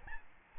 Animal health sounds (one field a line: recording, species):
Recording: mosquito wingbeat signal from an infrared sensor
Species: Aedes albopictus